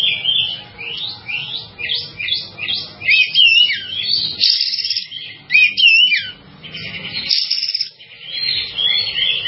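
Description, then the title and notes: Bird singing fast repeated chirps early on, then warbled whistles and a buzzy trilled passage, keeping up an almost unbroken flow. "Bird Sound. Kicau Burung Lengkap"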